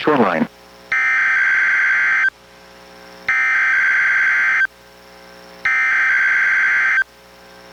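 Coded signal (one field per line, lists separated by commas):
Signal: Emergency Alert System (SAME) tones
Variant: header bursts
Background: speech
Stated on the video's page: NOAA weather radio Required Weekly Test relayed from Astoria, recorded from a Reecom R-1630 weather radio through a Zoom H1 recorder.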